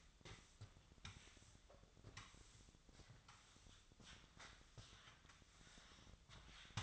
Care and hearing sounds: daily activity, microphone in the room; sweep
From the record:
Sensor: 3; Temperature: 24.4 degrees Celsius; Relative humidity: 34.2%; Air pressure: 1004.7 hPa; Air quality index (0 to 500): 87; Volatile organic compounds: 3 ppm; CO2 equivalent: 1326 ppm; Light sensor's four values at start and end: 5/10/4/4 and 7/17/7/6

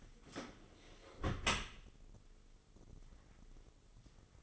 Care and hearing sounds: daily activity, microphone in the room; close dishwasher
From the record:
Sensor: 4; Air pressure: 996.5 hPa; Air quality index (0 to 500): 88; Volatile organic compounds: 4 ppm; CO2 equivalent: 1694 ppm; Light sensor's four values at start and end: 19/51/20/22 and 19/52/20/22

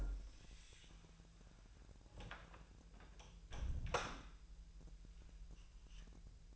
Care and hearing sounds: daily activity, microphone in the room; close door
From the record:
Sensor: 2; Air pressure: 1001.1 hPa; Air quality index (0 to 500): 249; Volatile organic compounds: 91 ppm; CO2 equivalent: 3695 ppm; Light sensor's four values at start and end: 10/24/10/10 and 10/24/10/10

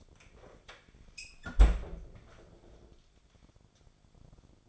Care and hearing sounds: daily activity, microphone in the room; close fridge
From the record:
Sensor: 5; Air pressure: 1004.7 hPa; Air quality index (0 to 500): 159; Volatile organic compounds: 3 ppm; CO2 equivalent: 1495 ppm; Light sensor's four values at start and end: 22/50/20/18 and 20/45/18/16

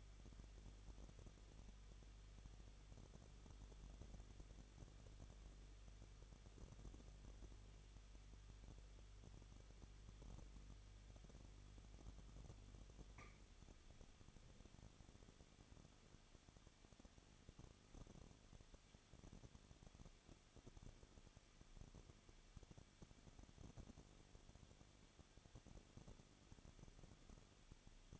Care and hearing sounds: daily activity, microphone in the room; no activity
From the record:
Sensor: 4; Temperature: 23.0 degrees Celsius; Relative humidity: 34.3%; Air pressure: 1007.3 hPa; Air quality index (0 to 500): 216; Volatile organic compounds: 15 ppm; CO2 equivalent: 2502 ppm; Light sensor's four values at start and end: 2/3/1/1 and 2/3/1/1

